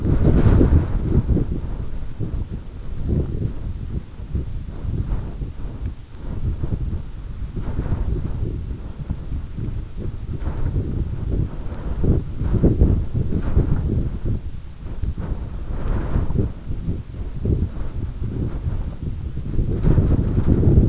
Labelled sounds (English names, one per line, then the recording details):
none
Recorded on Arctic tundra, site EABA-1, on 22 June 2018
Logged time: 14:00